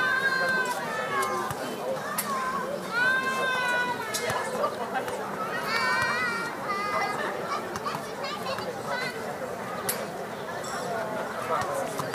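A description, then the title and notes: Children play on a summer evening, their voices overlapping in constant chatter and calls, with bright rising and falling shouts around three and six seconds. A steady low murmur runs beneath, and sharp brief knocks and clicks pop up now and then. Audio Journeys of Berlin: Summer Evening Joy and Child Play.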